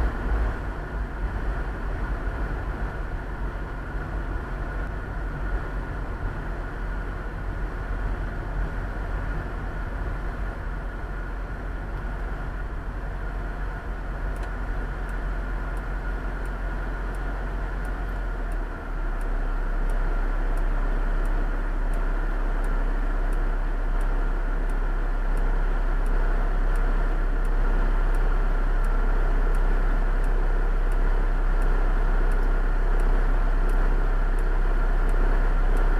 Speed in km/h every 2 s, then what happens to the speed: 43, 41, 40, 37, 30, 26, 20, 9, 7, 4, 2, 2, 0, 0, 0, 0, 0, 0.
0-19 slows to 2. 19-36 standing.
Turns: none.